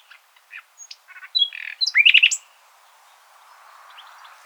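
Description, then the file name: Common nightingale singing a short phrase: scattered soft notes lead into a loud, rapid run of repeated sharp chirps, then quiet. "Luscinia megarhynchos"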